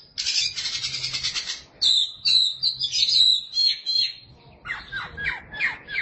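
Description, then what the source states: Oriental magpie-robin song: a dense buzzy trill opens, followed by sweet whistled warbles, then a series of lower, rapidly repeated chattering notes. Chirping song (kicauan) of the bird.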